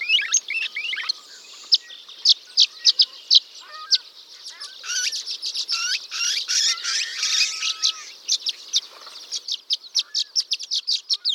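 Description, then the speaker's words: Violet-green Swallow chatter, high twittering chips and slurred notes that build into a dense run, then return to quick separate chips near the end. Chipping and chatter of violet-green swallows, a swallow of open woodlands found only in the American West. "that was the chipping and chatter of violet-green swallows, a beautiful swallow of the open woodlands."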